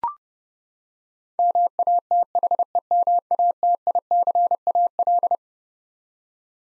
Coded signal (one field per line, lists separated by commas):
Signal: Morse code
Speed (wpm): 30 wpm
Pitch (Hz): 700 Hz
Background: none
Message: MATHEMATICAL